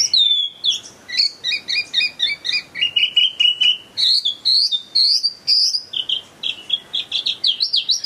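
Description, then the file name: Chinese hwamei singing a series of clear whistled notes, each repeated rapidly several times before switching to a new repeated note. Bird in full song, described as gacor. "audio hwamei gacor. omkicau"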